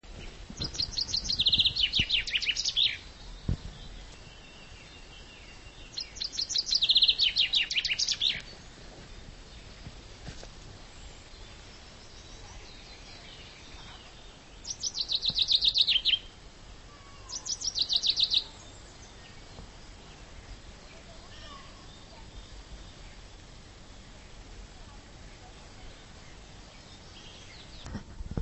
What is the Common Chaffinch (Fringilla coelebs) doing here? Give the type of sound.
song